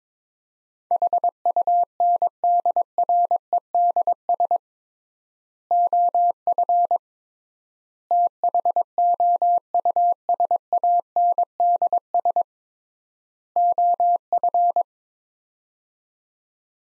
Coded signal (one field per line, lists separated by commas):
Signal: Morse code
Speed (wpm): 22 wpm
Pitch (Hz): 700 Hz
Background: none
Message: HUNDREDS OF THOUSANDS OF